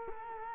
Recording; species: mosquito wingbeat signal from an infrared sensor; Culex quinquefasciatus